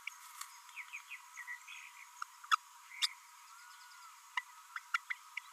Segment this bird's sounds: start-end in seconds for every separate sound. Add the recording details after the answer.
0.07-0.09, 2.22-2.23, 2.51-2.56, 4.37-4.40, 4.76-4.79, 4.94-4.97, 5.10-5.13. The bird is a female. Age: 29 days. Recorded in a nest box in Venezuela. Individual 17B32A7